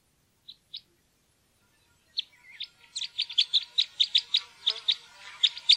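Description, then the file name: Red crossbill calls: two isolated clipped notes, a pause, then a quickening run of hard, metallic chips repeated several times a second to the end. "grankorsnebb"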